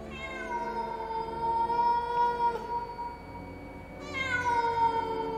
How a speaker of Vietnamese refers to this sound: Bất chợt có tiếng mèo kêu khiến cho cả ba người giật mình.